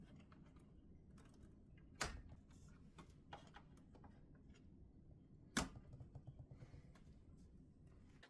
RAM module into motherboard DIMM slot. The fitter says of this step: Press down firmly and evenly until the locking tabs click into place.